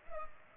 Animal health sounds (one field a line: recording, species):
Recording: mosquito wingbeat signal from an infrared sensor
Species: Culex pipiens